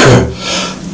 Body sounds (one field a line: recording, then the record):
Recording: coughing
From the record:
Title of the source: Residual Phlegmy Morning Coughing and Gagging